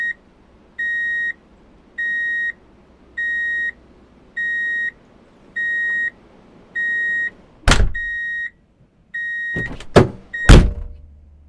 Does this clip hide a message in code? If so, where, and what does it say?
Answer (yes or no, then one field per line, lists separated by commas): no